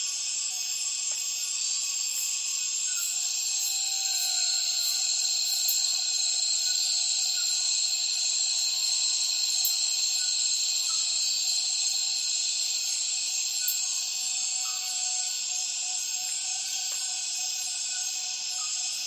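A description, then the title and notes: Cicadas fill the Borneo rainforest at dusk in a dense, steady chorus, a bright shrill hiss with a sharp whining tone running through it. Very high pulsing calls repeat at a fast regular rate overhead, while faint lower insect chirps drift in and out throughout. Intense Dusk Chorus In The Borneo Rainforest. A myriad cicadas start calling as soon as the afternoon light begins to fade in Tawau Hills NP, Borneo. Recorded with Zoom F6 and Lom MikroUsi Pro mics.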